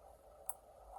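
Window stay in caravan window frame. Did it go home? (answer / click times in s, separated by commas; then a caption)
yes / 0.5 s. A window on a 2018 Bessacarr 584 caravan is pushed out to another position, and the window stay in the caravan window frame gives one short, sharp click at 0.5 s against a quiet background. The stay catches and holds the window in that position, so it can be released there.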